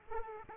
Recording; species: mosquito wingbeat signal from an infrared sensor; Aedes aegypti